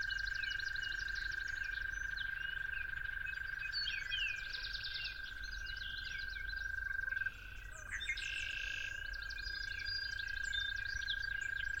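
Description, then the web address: Toad trilling steadily, with a brief break after the middle, while birds chatter and whistle; a short burst of louder bird notes comes near the break. Toads calling at dawn. "musicofnature Toads at Dawn"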